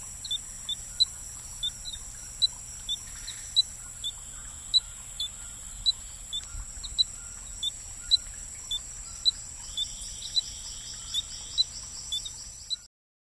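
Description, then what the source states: Dendrophryniscus minutus: frog call: a series of brief high chirps, each a clipped note, against continuous high insect drone. Ecuadorian Amazon.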